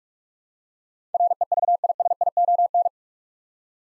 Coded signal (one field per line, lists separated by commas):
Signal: Morse code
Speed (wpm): 47 wpm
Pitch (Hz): 700 Hz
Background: none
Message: REVISION